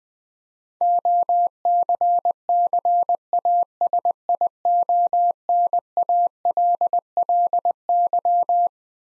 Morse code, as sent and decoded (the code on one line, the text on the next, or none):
--- -.-. -.-. .- ... .. --- -. .- .-.. .-.. -.--
OCCASIONALLY